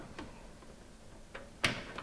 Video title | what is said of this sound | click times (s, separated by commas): LIVE COMPUTER BUILD WITH GUEST! - i7-8086k, 970 EVO, TridentZ RGB RAM, Asus Z370 Gaming, EVGA G3 PSU | you got it i heard a click | 1.6 s